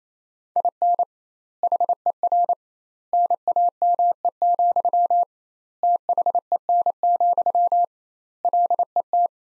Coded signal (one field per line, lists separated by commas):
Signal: Morse code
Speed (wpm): 27 wpm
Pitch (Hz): 700 Hz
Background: none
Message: IN HER NAME, THEN, LET